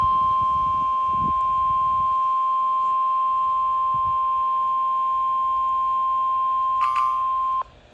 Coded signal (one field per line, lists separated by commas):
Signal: Emergency Alert System (SAME) tones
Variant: 1050 Hz attention tone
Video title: (EAS #448) Severe Thunderstorm Warning for Boone and Winnebago, Illinois